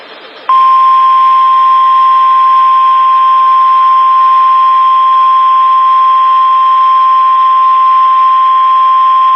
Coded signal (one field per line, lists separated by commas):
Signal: Emergency Alert System (SAME) tones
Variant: 1050 Hz attention tone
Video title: NOAA Radio (EAS # 559-563) Flood Warnings 1/19-21/19